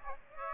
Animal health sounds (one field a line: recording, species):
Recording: mosquito wingbeat signal from an infrared sensor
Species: Aedes aegypti